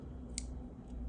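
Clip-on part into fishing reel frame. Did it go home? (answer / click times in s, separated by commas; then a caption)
yes / 0.4 s. A press on a small clip-on tuning part for an Ambassadeur 1500C fishing reel engages one of its two tiny clasps, seating it into the reel frame. A short, sharp click sounds at 0.4 s over a low, steady background hum. The second clasp snaps into place and the part is seated.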